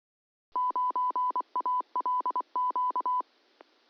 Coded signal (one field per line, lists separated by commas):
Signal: Morse code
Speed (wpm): 24 wpm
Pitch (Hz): 1000 Hz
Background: none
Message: 9ALQ